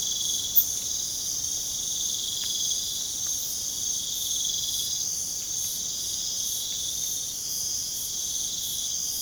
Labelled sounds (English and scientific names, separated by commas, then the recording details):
none
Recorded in pastures near Puerto Asís, Putumayo, Colombia, on 30 June 2025 at 02:00
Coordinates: 0.497, -76.327
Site G040